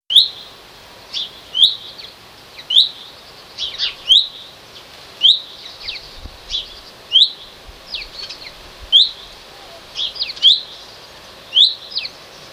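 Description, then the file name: Common chaffinch calling: a short, sharp, rising note repeated regularly, with softer chirps in between. "Fringilla coelebs"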